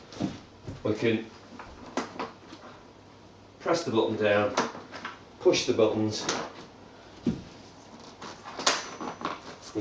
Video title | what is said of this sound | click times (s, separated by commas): Mark 2 Travel pod asembley. | you can get it click into place there | 8.7 s